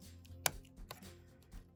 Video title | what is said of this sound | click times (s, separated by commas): iPad Pro 12.9 1st Gen(How to connect Screen) | Get that nice solid click. | 0.5 s